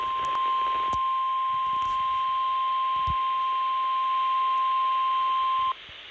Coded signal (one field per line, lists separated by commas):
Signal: Emergency Alert System (SAME) tones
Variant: 1050 Hz attention tone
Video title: EAS Flood Warning WNG704 Mount Holly/New Jersey￼ 9/1/21 EAS#162